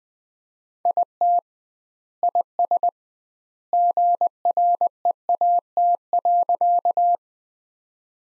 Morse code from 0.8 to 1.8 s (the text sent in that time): IT